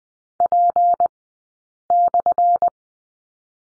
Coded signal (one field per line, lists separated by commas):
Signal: Morse code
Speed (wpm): 20 wpm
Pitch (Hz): 700 Hz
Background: none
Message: P/